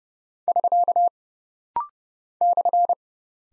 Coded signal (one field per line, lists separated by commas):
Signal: Morse code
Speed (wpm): 30 wpm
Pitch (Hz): 700 Hz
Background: none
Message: <SK> /